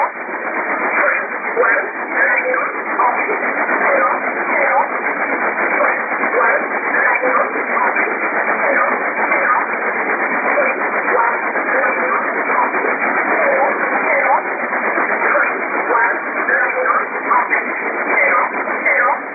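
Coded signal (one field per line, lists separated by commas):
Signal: numbers station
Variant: E11 Oblique, English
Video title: 09 12 2017 Numbers station E11 Oblique in English to Eu 0805 on 7377 unknown tx site in USB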